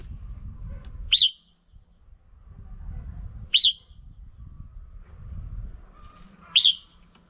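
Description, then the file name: Red-whiskered bulbul: three separate sharp, bright chirps spaced a few seconds apart over low rumbling noise. Female bird. "Tieng chao mao mai"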